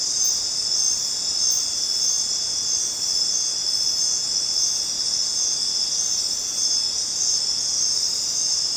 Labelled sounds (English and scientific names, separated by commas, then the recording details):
none
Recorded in dense forest near Puerto Asís, Putumayo, Colombia, on 29 June 2025 at 20:30
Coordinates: 0.484, -76.317
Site G045